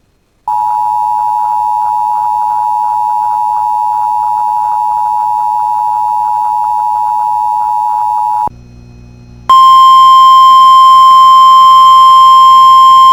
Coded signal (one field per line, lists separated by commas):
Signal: Emergency Alert System (SAME) tones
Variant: 853 and 960 Hz attention tone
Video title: [EAS Compilation] 2024 Minnesota Statewide Tornado Drill (Evening Drill)